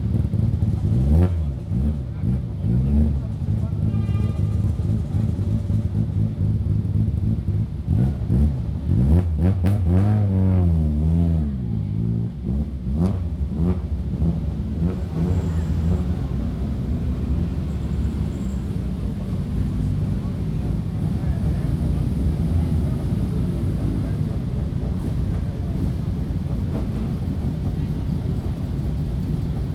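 Cars starting up, with a steady low engine rumble running through the whole recording. Rising and falling revving sweeps cluster in the first half, around two and ten seconds, then settle into an even idle. Faint voices come through underneath.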